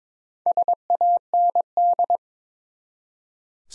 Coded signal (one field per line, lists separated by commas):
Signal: Morse code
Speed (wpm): 22 wpm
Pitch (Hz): 700 Hz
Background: none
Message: SAND